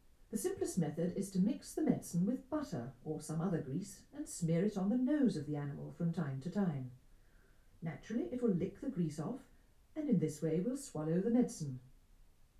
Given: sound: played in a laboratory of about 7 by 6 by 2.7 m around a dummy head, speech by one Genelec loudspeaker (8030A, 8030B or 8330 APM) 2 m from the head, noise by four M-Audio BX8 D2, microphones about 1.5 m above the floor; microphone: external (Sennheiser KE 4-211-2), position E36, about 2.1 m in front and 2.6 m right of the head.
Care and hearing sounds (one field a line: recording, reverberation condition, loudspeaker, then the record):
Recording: female speech in English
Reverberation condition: low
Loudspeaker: 90 degrees to the right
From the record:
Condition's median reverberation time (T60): about 310 ms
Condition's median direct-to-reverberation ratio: about 3.5 dB